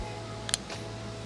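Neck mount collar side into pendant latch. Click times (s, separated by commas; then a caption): 0.5 s. The right side of the collar on a Telesin magnetic neck mount is pushed back into its pendant, which has a large button that unlatches that side. Two sharp clicks at 0.5 s and 0.54 s, the second louder, sound over a steady low hum. The collar side latches in and is seated.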